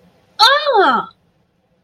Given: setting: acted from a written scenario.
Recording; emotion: vocal sound without words; pain